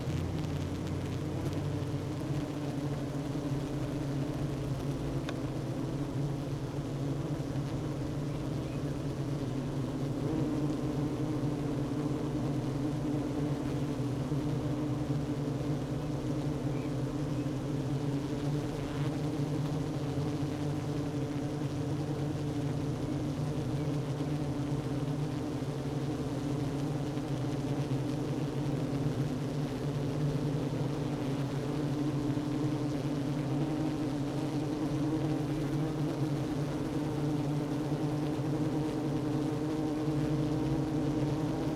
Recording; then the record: honeybee colony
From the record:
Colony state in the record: active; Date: 12 June 2018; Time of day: 10:45